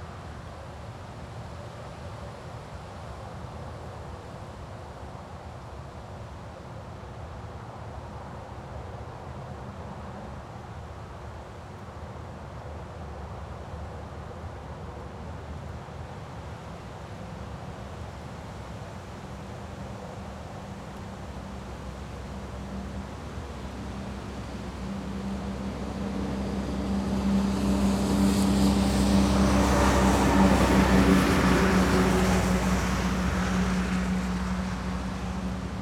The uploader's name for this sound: Light Breeze and Wet Road